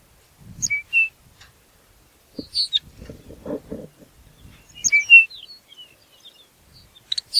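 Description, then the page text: Lapland longspur calls: several bursts of bright high ticks and short whistled notes, with a few softer, lower sounds in between. "Ryan P. O'Donnell - Лапландский подорожник (Calcarius lapponicus)"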